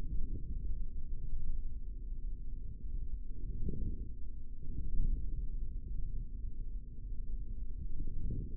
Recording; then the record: forearm muscle sounds (acoustic myography)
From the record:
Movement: forearm pronation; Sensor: system 3, bracelet of six PUI Audio POM-2738L microphones around the upper forearm, with dedicated amplification and filtering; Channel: 4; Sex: male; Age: 25 years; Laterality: right